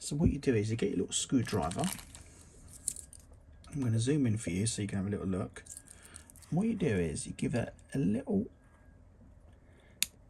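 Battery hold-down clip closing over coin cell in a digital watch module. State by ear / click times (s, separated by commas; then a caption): seated / 10.0 s. Someone talks while using a small screwdriver to push the stiff metal battery hold-down clip of a vintage Casio CMD-40 digital watch module shut over the coin cell battery and spring, since the clip is quite hard and sometimes won't click on its own. A sharp snap is heard at 10.0 s as the clip seats closed.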